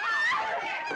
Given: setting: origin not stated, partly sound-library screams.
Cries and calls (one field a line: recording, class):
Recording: one-second piece from a danger detection set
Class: woman in danger